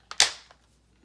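With a key in the chuck and the Porter Cable cordless drill in first gear, the drill is run slowly until the chuck breaks free of the spindle thread. A faint tick comes at 0.1 s, then a sharp, loud crack at 0.2 s that rings down over about a quarter second, and a small tap follows at 0.5 s. The chuck snaps loose from the spindle.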